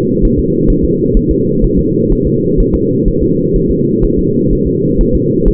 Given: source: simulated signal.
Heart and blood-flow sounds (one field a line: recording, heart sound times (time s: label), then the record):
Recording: fetal heart sounds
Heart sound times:
0.25 s: S1
0.39 s: S2
0.70 s: S1
0.85 s: S2
1.17 s: S1
1.31 s: S2
1.64 s: S1
1.79 s: S2
2.12 s: S1
2.27 s: S2
2.60 s: S1
2.75 s: S2
3.08 s: S1
3.23 s: S2
3.56 s: S1
3.71 s: S2
4.04 s: S1
4.19 s: S2
4.53 s: S1
4.67 s: S2
5.01 s: S1
5.15 s: S2
5.48 s: S1
From the record:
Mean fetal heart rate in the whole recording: 130 bpm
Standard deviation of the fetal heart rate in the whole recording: 4 bpm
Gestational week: 38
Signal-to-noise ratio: -11.2 dB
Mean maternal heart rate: 72 bpm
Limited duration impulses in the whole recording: present